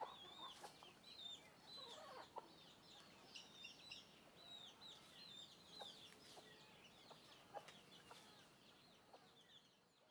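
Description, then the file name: Chickens: thin chick peeps repeat rapidly in a busy chorus, with soft clucks underneath. Hens and chicks walking around the microphone. "Galinhas e pintinhos andando em volta do microfone"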